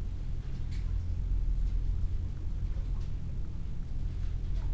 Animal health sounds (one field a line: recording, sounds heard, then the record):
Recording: poultry house recording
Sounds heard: healthy chickens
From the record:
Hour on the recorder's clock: 16